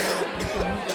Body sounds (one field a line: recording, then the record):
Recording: coughing mixed with background sound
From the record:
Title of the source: 55 gaggy wet cough